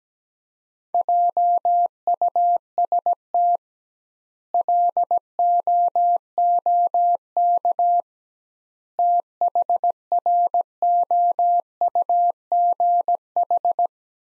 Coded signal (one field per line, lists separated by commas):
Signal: Morse code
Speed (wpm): 17 wpm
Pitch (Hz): 700 Hz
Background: none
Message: JUST LOOK THROUGH